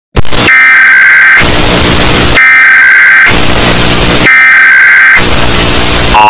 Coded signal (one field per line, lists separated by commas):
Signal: Emergency Alert System (SAME) tones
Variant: header bursts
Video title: eas alarm earape (volume warning)